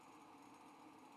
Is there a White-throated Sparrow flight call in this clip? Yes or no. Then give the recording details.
no. No flight call is heard. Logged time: 10:15 on 5 December 2014